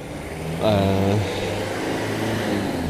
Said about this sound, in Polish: To był Mercedes Sprinter. Diesel, jak słychać. Autobusik.